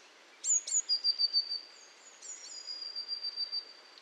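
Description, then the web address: Eurasian blue tit calling: two sharp, very high notes followed by a quick run of thin, level notes, then the phrase repeats more softly. Recorded at Valsolda. "valsolda - Cinciarella"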